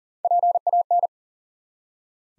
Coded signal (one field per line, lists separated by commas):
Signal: Morse code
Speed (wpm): 40 wpm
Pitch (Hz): 700 Hz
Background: none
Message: PAN